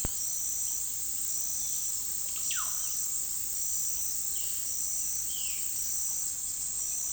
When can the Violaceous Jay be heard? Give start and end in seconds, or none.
4.28-5.64